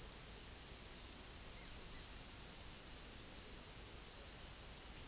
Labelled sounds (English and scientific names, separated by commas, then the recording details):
none
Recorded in pastures near Puerto Asís, Putumayo, Colombia, on 13 March 2025 at 15:00
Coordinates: 0.505, -76.324
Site GP08